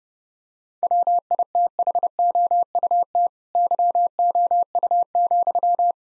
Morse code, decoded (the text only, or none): WITHOUT YOU,